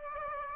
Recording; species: mosquito wingbeat signal from an infrared sensor; Aedes aegypti